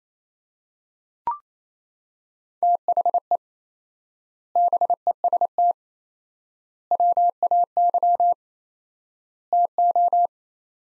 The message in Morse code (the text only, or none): THE BEST WAY TO